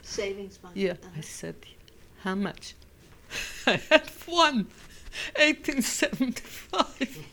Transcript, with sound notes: Savings bonds.
I said, "How much?" ( she laughs ) I had one, eighteen seventy-five.